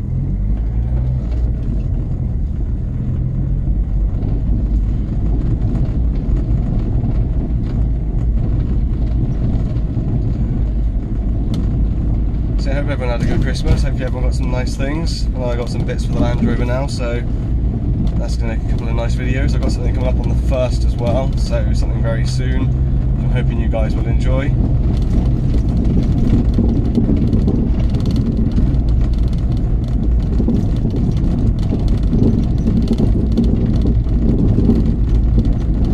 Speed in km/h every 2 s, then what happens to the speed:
10, 16, 18, 19, 19, 21, 19, 19, 19, 21, 23, 24, 24, 24, 23, 23, 23, 23.
0-9 speeds up to 21. 9-36 steady at about 23.